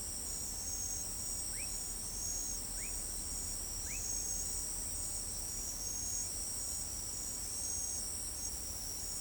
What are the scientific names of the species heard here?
none